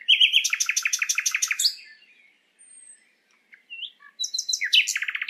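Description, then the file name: Common nightingale song: loud rapid repeated notes for nearly two seconds, a pause with faint quiet notes, then another fast burst of repeated trills. "Luscinia megarhynchos"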